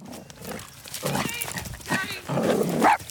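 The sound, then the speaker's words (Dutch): A dog gives a few short, high-pitched yelps and whining barks in three quick bursts, fairly loud, as one dog runs up to another dog to play, with no one speaking over them. “Oh, er komt even een hond op mijn hond afgerend.”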